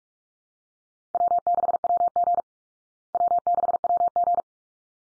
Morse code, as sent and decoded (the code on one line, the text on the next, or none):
.-- -.... .-- --. / .-- -.... .-- --.
W6WG W6WG